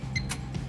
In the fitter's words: You can hear it click.